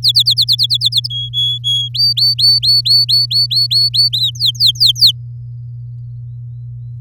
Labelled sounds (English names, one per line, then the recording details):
Domestic Canary song
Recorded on 6 May 2018 at 07:16
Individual llb16